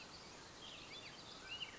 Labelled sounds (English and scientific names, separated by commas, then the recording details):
Mountain Quail (Oreortyx pictus)
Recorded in Sonoma County, California